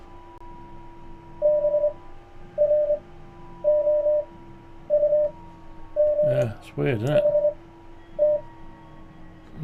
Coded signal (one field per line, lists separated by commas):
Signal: Morse code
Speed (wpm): 24 wpm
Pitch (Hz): 600 Hz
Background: speech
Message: BROUGHT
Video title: YAESU FT-891S 18 - CW Decoding Via The PC's Microphone - C# WPF - David G7UIV